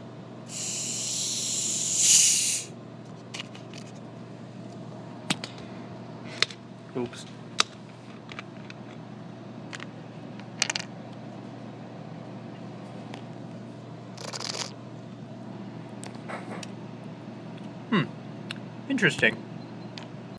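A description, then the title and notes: A bottle of pop is opened with a sharp, bright hiss of escaping gas in the first two seconds. Afterwards a steady low hum continues underneath, broken by scattered small clicks and taps every few seconds, with a brief rustle around fifteen seconds and again near nineteen. Opening a bottle of pop.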